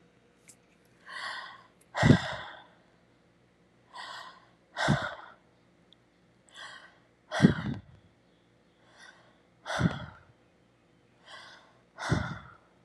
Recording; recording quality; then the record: shallow breathing; excellent, no background noise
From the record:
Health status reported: respiratory illness, not identified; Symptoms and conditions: asthma, hypertension, diabetes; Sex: male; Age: 59 years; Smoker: not ticked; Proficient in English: yes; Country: United States